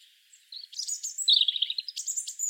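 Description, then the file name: European robin giving high, jumbled warbling with quick trills and scratchy notes, heard against a hissy background. "Erithacus rubecula"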